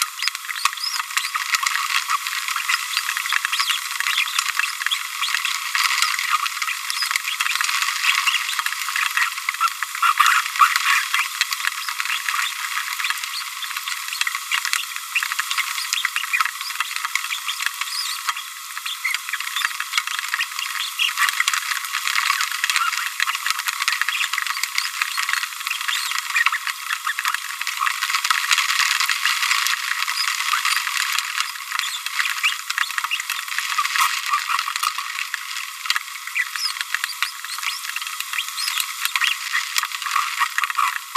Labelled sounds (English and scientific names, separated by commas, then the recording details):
Green-rumped Parrotlet (Forpus passerinus) babbling
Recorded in a nest box in Venezuela
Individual 18B25A5